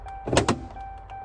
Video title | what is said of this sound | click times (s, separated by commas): HOW TO REPLACE A DODGE CHARGER WINDOW #DODGE #CHARGER #SCATPACK #SRT #HELLCAT #TRACKHAWK #WIDEBODY | there's a click so | 0.4 s, 0.5 s